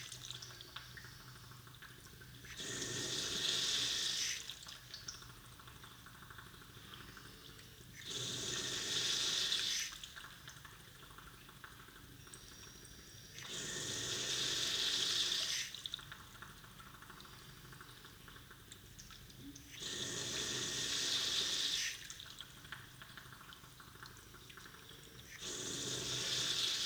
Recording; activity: daily activity, guitar pickup as the sensor; flush